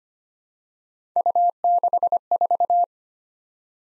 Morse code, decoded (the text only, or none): U64